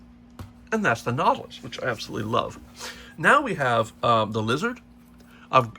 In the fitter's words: And we lock it again by pushing this into the post.